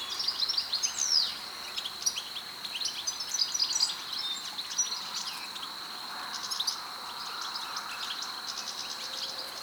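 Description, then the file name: European goldfinch calls: a burst of quick liquid twittering notes in the first four seconds, then sparser chirps, with a constant thin high whine underneath. "Carduelis carduelis"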